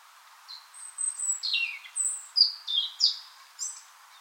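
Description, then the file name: European robin singing a continuous string of high, thin whistles and short warbled notes that rise and fall, each note distinct. "Erithacus rubecula"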